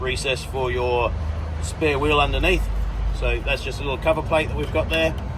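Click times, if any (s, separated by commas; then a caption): none. A small cover plate over the spare wheel access recess is handled at the false floor panel of a Pajero Sport QE/QF 7-seat model while someone talks over a low, steady rumble. Nothing has clicked or seated yet by the end of the clip.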